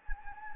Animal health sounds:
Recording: mosquito wingbeat signal from an infrared sensor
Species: Anopheles gambiae

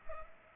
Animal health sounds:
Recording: mosquito wingbeat signal from an infrared sensor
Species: Culex pipiens

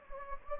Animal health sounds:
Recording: mosquito wingbeat signal from an infrared sensor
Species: Anopheles gambiae

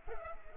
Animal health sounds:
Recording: mosquito wingbeat signal from an infrared sensor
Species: Culex pipiens

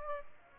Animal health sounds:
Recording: mosquito wingbeat signal from an infrared sensor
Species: Aedes aegypti

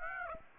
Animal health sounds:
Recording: mosquito wingbeat signal from an infrared sensor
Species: Aedes aegypti

